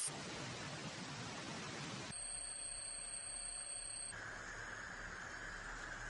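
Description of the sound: A simulation of tinnitus. About two seconds of steady hiss gives way to a piercing, steady high-pitched ringing, then to a hissing buzz, over about six seconds. These sounds imitate the permanent buzzing in the ear that many people hear all day long.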